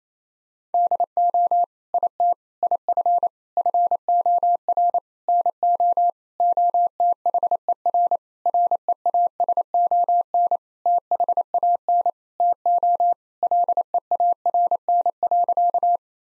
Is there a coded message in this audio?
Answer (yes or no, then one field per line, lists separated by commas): yes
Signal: Morse code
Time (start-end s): 0.7-16.0 s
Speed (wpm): 28 wpm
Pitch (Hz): 700 Hz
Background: none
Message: DO IT IF FOR NO OTHER REASON THAN TO LEARN.